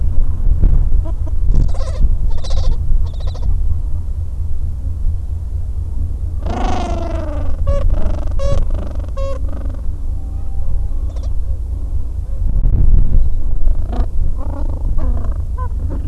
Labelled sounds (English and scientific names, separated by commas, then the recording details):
Gentoo Penguin (Pygoscelis papua)
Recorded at the colony at Godthul, on 25 December 2014
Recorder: Song Meter SM2+